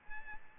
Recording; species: mosquito wingbeat signal from an infrared sensor; Aedes albopictus